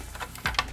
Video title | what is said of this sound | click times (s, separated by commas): Step-by-Step Tutorial: How to Mod Your Nintendo Switch with Extremerate Cases | and it'll lock into place. | 0.5 s, 0.6 s